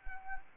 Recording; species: mosquito wingbeat signal from an infrared sensor; Anopheles arabiensis